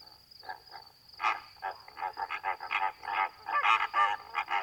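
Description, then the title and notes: Greater flamingo calls, quiet clucks building into a fast run of overlapping honks from several birds, with a steady high tone. Flock feeding calmly at night, standing in water halfway up their legs, occasionally calling; edge of Étang de Vaccarès, Camargue, France; 4 September 2020, 23:10; windless night; Nagra Seven, B&K omni microphone. "Etang de Vaccares - Camargue. Flamant rose ( Phoenicopterus ruber )"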